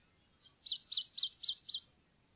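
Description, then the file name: Marsh tit calls, five chirps each paired with a faint higher tick, delivered evenly over just over a second. "loevmeis"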